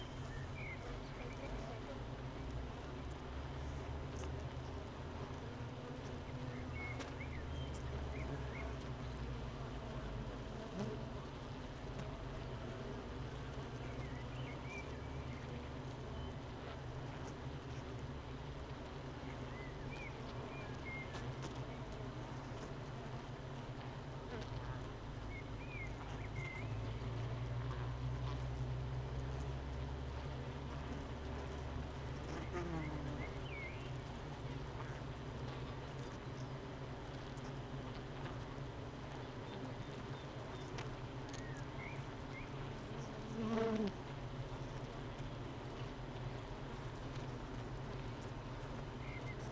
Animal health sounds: honeybee colony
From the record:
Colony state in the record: missing queen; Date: 31 May 2018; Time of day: 8:00

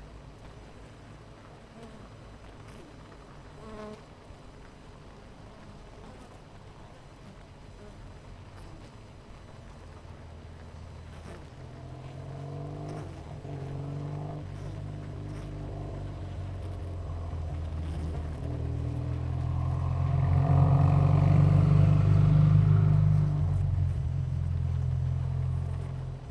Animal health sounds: honeybee colony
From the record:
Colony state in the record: missing queen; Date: 14 July 2017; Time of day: 9:22

